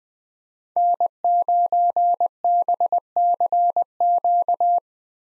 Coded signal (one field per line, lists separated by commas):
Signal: Morse code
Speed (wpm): 20 wpm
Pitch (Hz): 700 Hz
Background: none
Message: N9BCQ